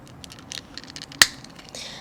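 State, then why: Seated. A replacement plastic digging bucket's locating tab is snapped into the arm of a toy excavator, ahead of tightening the centre screw. A few faint ticks and handling sounds lead up to one sharp, loud click at 1.2 s, followed by a brief rustle. The tab is clipped in and seated.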